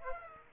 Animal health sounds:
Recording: mosquito wingbeat signal from an infrared sensor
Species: Aedes aegypti

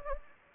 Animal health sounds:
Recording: mosquito wingbeat signal from an infrared sensor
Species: Anopheles gambiae

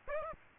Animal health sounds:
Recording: mosquito wingbeat signal from an infrared sensor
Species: Aedes aegypti

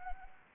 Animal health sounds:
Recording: mosquito wingbeat signal from an infrared sensor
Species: Anopheles arabiensis

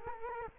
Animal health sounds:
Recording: mosquito wingbeat signal from an infrared sensor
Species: Culex quinquefasciatus

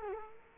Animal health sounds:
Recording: mosquito wingbeat signal from an infrared sensor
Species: Culex quinquefasciatus

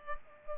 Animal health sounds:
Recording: mosquito wingbeat signal from an infrared sensor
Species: Culex pipiens

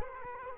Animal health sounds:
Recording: mosquito wingbeat signal from an infrared sensor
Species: Culex quinquefasciatus

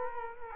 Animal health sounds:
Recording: mosquito wingbeat signal from an infrared sensor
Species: Culex quinquefasciatus

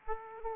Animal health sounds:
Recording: mosquito wingbeat signal from an infrared sensor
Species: Aedes aegypti

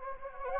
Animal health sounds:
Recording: mosquito wingbeat signal from an infrared sensor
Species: Anopheles gambiae

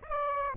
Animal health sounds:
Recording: mosquito wingbeat signal from an infrared sensor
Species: Aedes aegypti

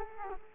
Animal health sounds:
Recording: mosquito wingbeat signal from an infrared sensor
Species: Culex quinquefasciatus

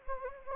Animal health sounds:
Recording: mosquito wingbeat signal from an infrared sensor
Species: Anopheles gambiae

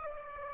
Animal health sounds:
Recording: mosquito wingbeat signal from an infrared sensor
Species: Aedes aegypti

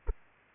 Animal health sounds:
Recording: mosquito wingbeat signal from an infrared sensor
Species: Aedes aegypti

